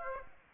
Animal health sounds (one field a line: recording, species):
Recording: mosquito wingbeat signal from an infrared sensor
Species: Aedes aegypti